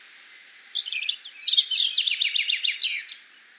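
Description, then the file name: Common chaffinch singing one fast, rattling phrase that starts high, tumbles down through quick repeated notes and closes with a brief flourish. "Fringilla coelebs"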